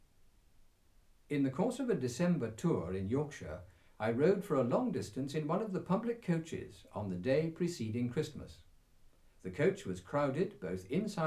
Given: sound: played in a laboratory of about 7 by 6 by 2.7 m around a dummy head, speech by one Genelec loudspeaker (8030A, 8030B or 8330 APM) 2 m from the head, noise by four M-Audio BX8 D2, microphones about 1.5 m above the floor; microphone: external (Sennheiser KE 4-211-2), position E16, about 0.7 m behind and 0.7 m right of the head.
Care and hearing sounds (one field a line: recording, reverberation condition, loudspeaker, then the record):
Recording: male speech in English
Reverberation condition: low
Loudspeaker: 150 degrees to the left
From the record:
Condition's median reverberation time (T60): about 310 ms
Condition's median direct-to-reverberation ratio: about 3.5 dB